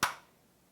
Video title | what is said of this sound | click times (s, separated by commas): Husqvarna Viking Onyx 25 (Onyx 15) How to Lower the Feed Dogs | You hear the click, but you do not see them. | 0.0 s